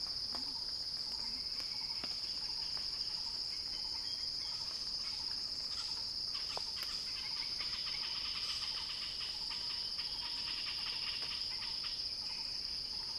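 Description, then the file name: Cicada song as a sustained piercing buzz, with a quick burst of twittering bird notes in the middle and faint low chirps early on. Cicada song building in a crescendo. "earth-fm Axel-Drioli Cicada-Crescendo-Sounding-Wild"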